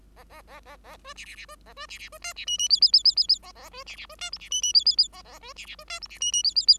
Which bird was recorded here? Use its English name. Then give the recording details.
Bengalese Finch. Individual Bird5